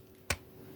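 The small black end cap of a toy sonic screwdriver is twisted counterclockwise until it gives a single sharp click at 0.3 seconds. The click marks the cap reaching its release position so it can be pulled off to reach the batteries. Faint low background noise surrounds the click, with no talking.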